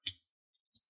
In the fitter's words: make sure it clicks down put the speaker cable